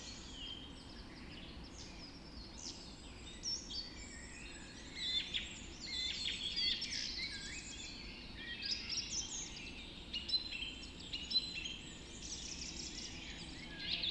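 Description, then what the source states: Dawn chorus of many birds, dense layered chirping and warbling trills, busiest in the middle and later seconds, with a constant low hum beneath. Dawn chorus recorded just after dawn in the Forest of Dean.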